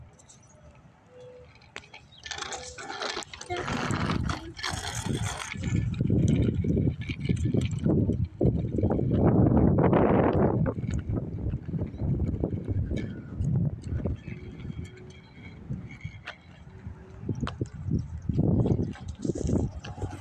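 Cars drive by with a rumbling, swelling roar that builds from about 3 seconds and peaks near 10 seconds before easing and returning more faintly toward the end. Scattered clicks and rattles, like a bike against pavement, sit over the low traffic noise throughout.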